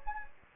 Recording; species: mosquito wingbeat signal from an infrared sensor; Anopheles gambiae